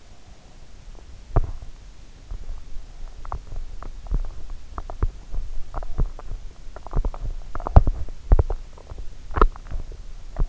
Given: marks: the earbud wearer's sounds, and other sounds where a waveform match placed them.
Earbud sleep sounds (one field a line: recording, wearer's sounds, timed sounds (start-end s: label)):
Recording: sounds in sleep by an in-ear microphone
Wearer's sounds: teeth grinding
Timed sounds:
1.30-10.49 s: teeth grinding